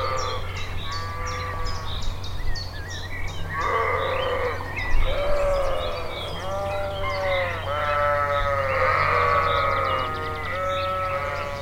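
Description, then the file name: Sheep bleating in chorus, many wavering nasal bleats overlapping one after another over a steady low hum. Several sheep bleating together in a chorus. "Schaf Chor"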